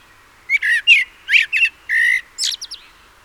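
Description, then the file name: Common blackbird calls in a quick series of short, squeaky notes with a clipped chattering quality, ending in a few thin, high ticks. "Turdus merula"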